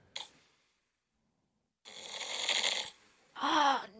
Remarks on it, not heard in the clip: I have a voice memo on my phone that I recorded of one of my exes snoring.